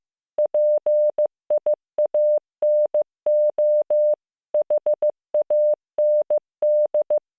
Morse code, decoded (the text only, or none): PIANO HAND